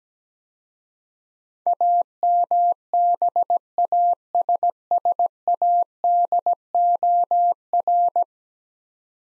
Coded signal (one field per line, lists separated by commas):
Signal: Morse code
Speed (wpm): 17 wpm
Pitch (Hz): 700 Hz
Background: none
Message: AMBASSADOR